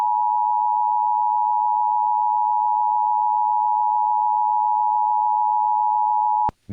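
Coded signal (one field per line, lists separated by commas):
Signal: Emergency Alert System (SAME) tones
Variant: 853 and 960 Hz attention tone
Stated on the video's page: Required weekly and required monthly tests.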